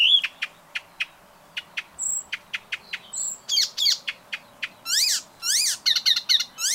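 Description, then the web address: Bird calls: spaced single high chirps, a couple of thin whistles, then louder buzzy chevron-shaped notes repeated rapidly toward the end. "ornitologiya slovar Ptichki"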